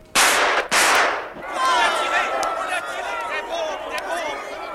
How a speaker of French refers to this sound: Sarajevo, 28 juin 1914, deux coups de feu ont claqué. L'archiduc héritier d'Autriche-Hongrie et sa femme gisent, ensanglantés, sur les coussins d'une voiture. Ces deux coups de feu ne feront pas seulement deux victimes.